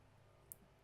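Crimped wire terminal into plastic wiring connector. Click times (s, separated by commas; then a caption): 0.5 s. A crimped terminal on a blue wire is pushed into terminal one of a numbered plastic wiring connector for a Holley CAN remote IO installation. A single sharp click is heard at 0.5 s over a low steady background hum. The terminal is seated, and the connector lock is then closed.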